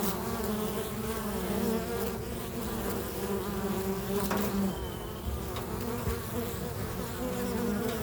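Bee buzz, a dense steady drone of many wings with shifting low tones and an occasional tap.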